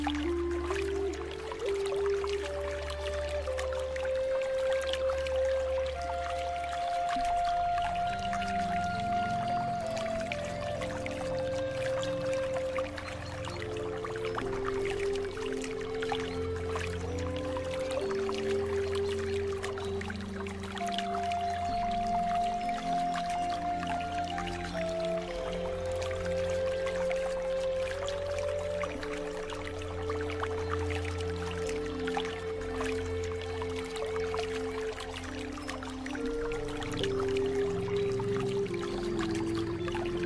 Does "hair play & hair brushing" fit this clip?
no